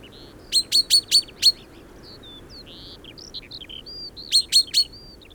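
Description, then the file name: Common chaffinch calls: a quick series of sharp notes, a pause filled with softer twittering, then three more sharp notes. "Fringilla coelebs"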